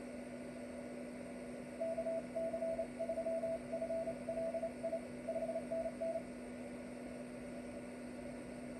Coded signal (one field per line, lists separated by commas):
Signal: Morse code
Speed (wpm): 29 wpm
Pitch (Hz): 660 Hz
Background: radio noise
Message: KC3FLI 5NN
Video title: C21MM 12m CW